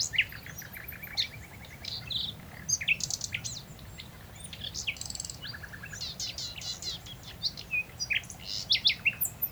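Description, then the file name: Common nightingale song: dense, busy phrases of repeated rattling notes, chirps and short whistles, continuing almost without pause. "Luscinia megarhynchos"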